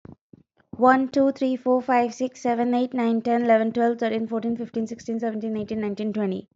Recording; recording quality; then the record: counting at a fast pace; excellent, no background noise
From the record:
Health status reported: healthy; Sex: female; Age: 24 years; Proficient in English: yes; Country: United States